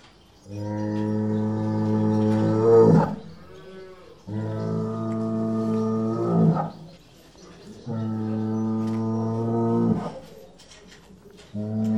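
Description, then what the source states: Cattle bellowing: three long, low, droning moos of about two and a half seconds each, steady in pitch and ending with a brief strained rise, with short pauses between, and a fourth starting at the end. Bull, an adult male.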